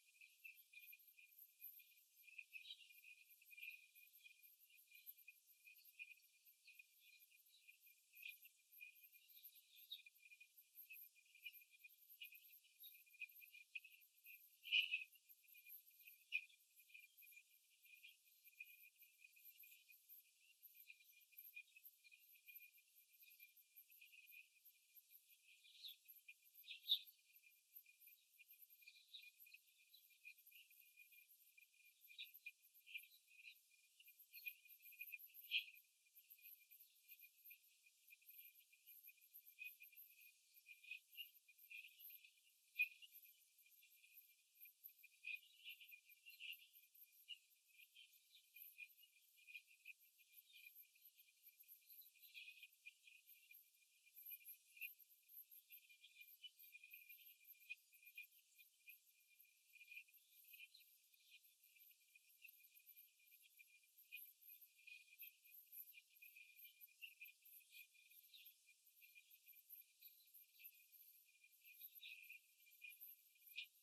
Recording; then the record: young laying hens in a cage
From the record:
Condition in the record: after the stressor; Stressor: simulated dog barking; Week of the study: 3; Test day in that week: 2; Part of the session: 3